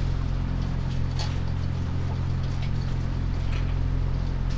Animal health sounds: poultry house recording; sick chickens (respiratory disease)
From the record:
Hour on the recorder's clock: 3

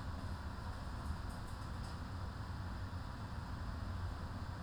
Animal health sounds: poultry house recording; no chicken sound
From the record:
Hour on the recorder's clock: 14

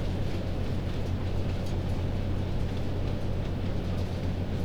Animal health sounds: poultry house recording; no chicken sound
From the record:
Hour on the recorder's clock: 0

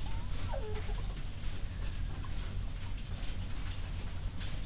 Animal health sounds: poultry house recording; sick chickens (respiratory disease)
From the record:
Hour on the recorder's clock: 21

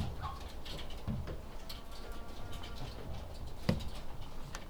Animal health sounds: poultry house recording; sick chickens (respiratory disease)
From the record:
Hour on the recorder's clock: 20

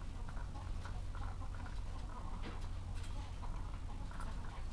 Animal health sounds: poultry house recording; sick chickens (respiratory disease)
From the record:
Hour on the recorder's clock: 14

